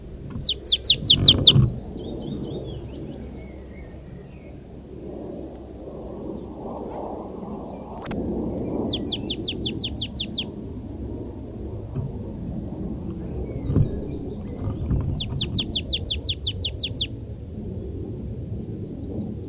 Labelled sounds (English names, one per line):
Marsh Tit song